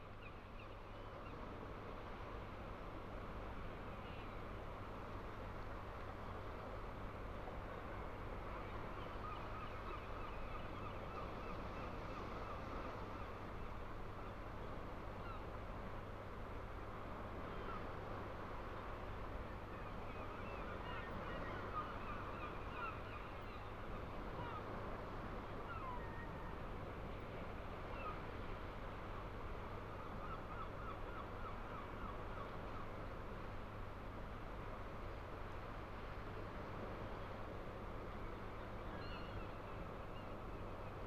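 A wide, steady outdoor wash over tidal estuary waters, seen from a sea wall, with a constant low hum underneath. Geese or other waterfowl call faintly now and then, and traffic murmurs in the background throughout.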